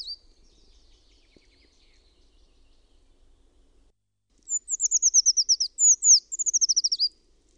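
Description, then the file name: Eurasian treecreeper song: two thin, high phrases of quick notes, each sliding downward and ending in a little flourish, after a few seconds of faint chirping. "PUUKIIPIJA"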